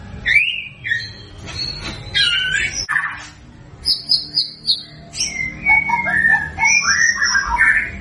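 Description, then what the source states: White-rumped shama song, a varied string of whistled phrases, some looping and wavering, others fast and warbling, with a faint hum underneath. Actively singing (gacor) bird, used as a lure to make birds respond at once.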